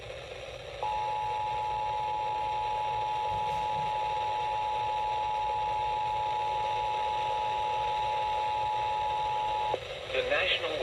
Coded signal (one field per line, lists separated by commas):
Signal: Emergency Alert System (SAME) tones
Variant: 853 and 960 Hz attention tone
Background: speech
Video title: Slight Bust… but 1k alerts achieved!!: EAS Alerts from 6/22/26 EAS #994-1000!